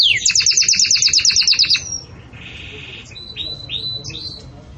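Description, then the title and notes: Canary song, a bright rapid series of repeated notes for nearly two seconds, followed by softer, quieter buzzy and whistled phrases. Belgian canary song for training young birds; song style 'campainha' (bell-like). "Canto Do Canário Belga Campainha Para Encarte De Filhotes. CANARIO"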